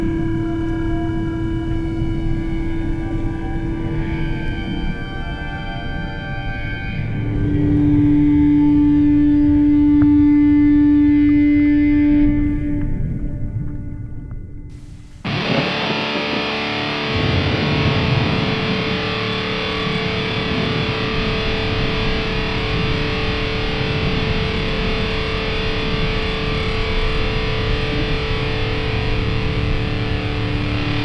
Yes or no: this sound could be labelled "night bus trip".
no